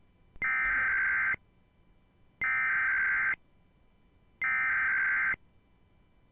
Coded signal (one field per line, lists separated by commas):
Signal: Emergency Alert System (SAME) tones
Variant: header bursts